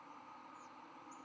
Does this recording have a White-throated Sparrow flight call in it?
no